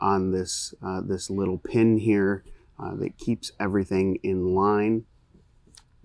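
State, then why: Not seated. A revolver's plate and cylinder assembly, swung forward to reload, is being handled by hand before it is closed back onto the frame. Someone talks for most of the clip, followed by a faint tap near 5.8 s in the quiet. Nothing has seated or clicked yet.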